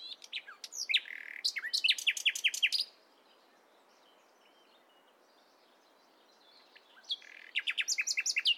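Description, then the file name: Common nightingale song: a long run of sharp descending notes, a quiet pause with faint chirps, then another fast phrase of repeated notes. "Luscinia megarhynchos"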